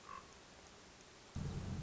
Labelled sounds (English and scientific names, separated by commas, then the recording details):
Common Raven (Corvus corax)
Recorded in Sonoma County, California